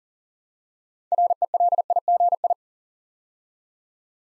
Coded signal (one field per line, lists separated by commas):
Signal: Morse code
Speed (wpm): 37 wpm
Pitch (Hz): 700 Hz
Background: none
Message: RELIGI